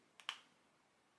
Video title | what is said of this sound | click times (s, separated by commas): MERIT SOLO SHADOWS REVIEW: I Tried to Gaslight Myself Into Loving these | you can hear and feel the click and I think that's really important for cream | 0.2 s, 0.3 s